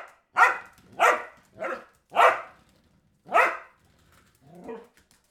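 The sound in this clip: Dog giving six barks in uneven bursts, with a short pause midway; the last bark is softer and lower.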